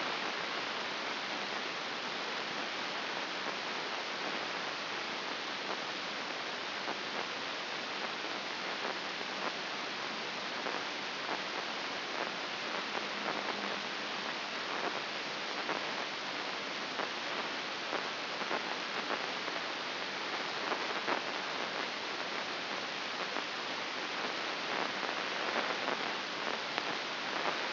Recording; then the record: brain microelectrode recording played as sound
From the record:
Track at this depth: outside the subthalamic nucleus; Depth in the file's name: 5.419 mm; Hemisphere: left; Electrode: 2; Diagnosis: Parkinson's disease